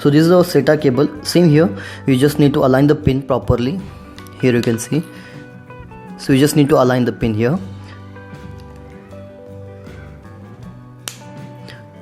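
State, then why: Seated. Someone talks over background music while a SATA data cable connector is aligned with the pins and pushed into the SATA port of a surveillance hard drive. A sharp click at 11.1 s marks the connector seating in the port.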